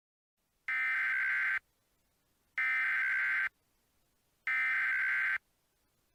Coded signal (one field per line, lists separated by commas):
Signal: Emergency Alert System (SAME) tones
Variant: header bursts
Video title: EAS Mock Scenario - White Christmas Mayhem